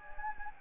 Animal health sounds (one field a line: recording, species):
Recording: mosquito wingbeat signal from an infrared sensor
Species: Anopheles gambiae